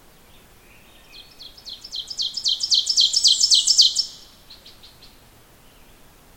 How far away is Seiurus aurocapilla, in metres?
about 15 m